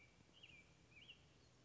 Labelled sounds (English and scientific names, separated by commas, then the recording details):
American Robin (Turdus migratorius)
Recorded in Sonoma County, California